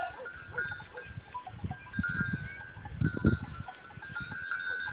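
Goats giving long bleats over bursts of low rumbling noise throughout.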